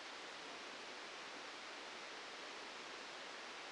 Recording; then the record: brain microelectrode recording played as sound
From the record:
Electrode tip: outside the subthalamic nucleus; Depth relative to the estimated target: -4 mm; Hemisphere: left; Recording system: NeuroSet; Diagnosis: Parkinson's disease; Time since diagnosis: 13 years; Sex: male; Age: 63 years